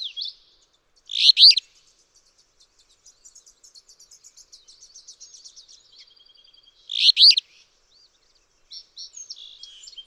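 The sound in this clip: Alder flycatcher repeating a short, rough, buzzy phrase twice, roughly six seconds apart, with faint rapid ticking notes from another bird in between.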